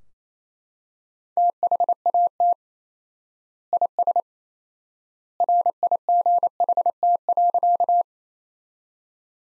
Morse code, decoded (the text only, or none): THAT IS RIGHT.